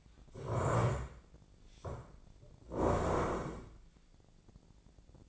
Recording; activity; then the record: daily activity, microphone in the room; stand up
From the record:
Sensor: 5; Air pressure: 1012.4 hPa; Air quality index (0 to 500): 147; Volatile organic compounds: 2 ppm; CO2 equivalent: 1012 ppm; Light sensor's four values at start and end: 287/687/293/326 and 288/691/295/329